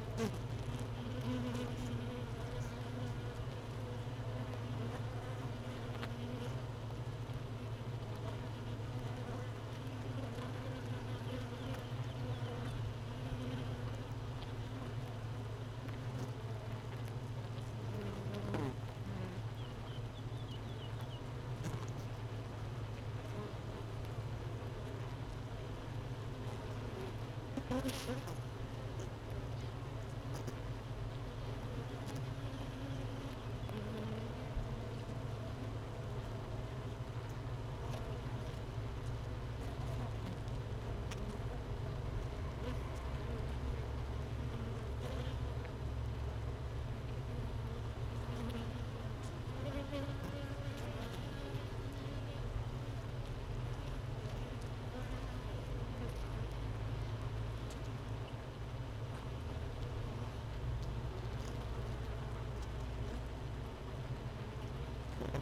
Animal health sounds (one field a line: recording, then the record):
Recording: honeybee colony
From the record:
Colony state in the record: missing queen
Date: 31 May 2018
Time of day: 13:21